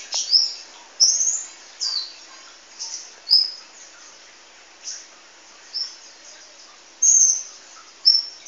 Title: Kicau Kacer